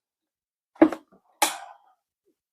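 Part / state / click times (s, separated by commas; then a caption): blender jar onto blender motor base / seated / 1.4 s. A plastic jar of a Ninja blender is twisted and locked onto its motor base to blend okra for a mask. A first knock at 0.8 s is followed by a sharp click at 1.4 s as the jar seats, confirmed locked onto the base.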